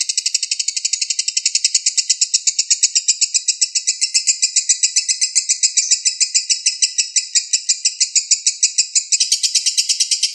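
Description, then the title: Oriental magpie-robin song, a long, unbroken run of many fast, high chirps and trills, shifting slightly in pitch near the end. Long-duration chirping song, over one hour. "Kicau Kacer Durasi Panjang 1jam Lebih"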